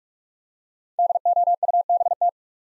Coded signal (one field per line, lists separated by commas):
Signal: Morse code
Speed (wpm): 44 wpm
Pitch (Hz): 700 Hz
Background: none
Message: DOUBT